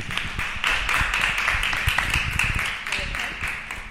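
A crowd applauds steadily for a few seconds, a dense wash of many hands clapping at an even level that tapers slightly near the end.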